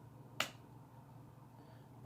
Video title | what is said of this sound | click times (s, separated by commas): Glock19 full disassemble | she pops right in | 0.4 s